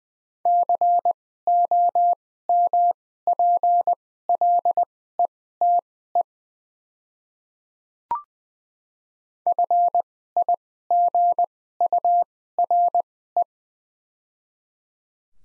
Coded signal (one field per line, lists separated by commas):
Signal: Morse code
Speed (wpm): 20 wpm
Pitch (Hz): 700 Hz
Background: none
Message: COMPLETE FIGURE